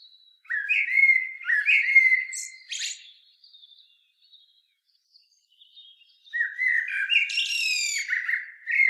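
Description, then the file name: Common blackbird sings two fluted, warbling phrases with rough high twitters, a quiet gap of several seconds between them. "Turdus merula"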